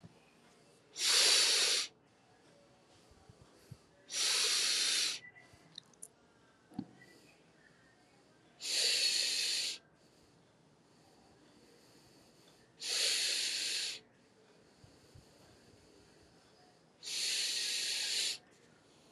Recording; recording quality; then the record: deep breathing; excellent, no background noise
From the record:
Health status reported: healthy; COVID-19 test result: not tested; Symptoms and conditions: none ticked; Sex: female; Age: 32 years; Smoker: not ticked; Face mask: not worn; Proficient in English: yes